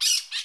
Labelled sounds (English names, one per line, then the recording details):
Brown-throated Parakeet contact call
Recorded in Curacao
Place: Hoffi Jan Thiel
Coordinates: 12.094, -68.877